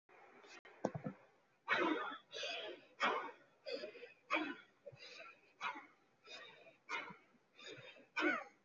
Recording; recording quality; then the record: shallow breathing; excellent, no background noise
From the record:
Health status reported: healthy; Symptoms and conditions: none ticked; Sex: male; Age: 23 years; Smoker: not ticked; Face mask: not worn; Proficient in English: yes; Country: India